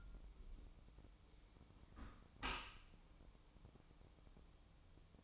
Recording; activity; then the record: daily activity, microphone in the room; close dishwasher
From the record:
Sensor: 1